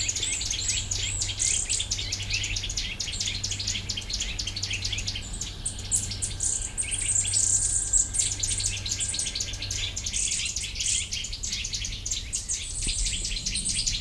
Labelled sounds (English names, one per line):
Eurasian Nuthatch call